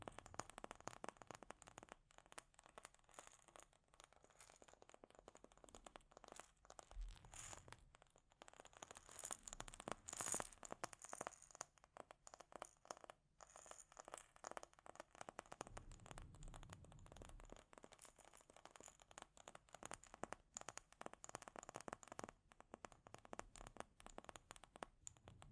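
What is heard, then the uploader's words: Delicate scratching and tapping on a microphone, a dense run of small crackly strokes and taps with brief low thuds around 8 and 16 seconds. ASMR Delicate Mic Scratching and Tapping Triggers.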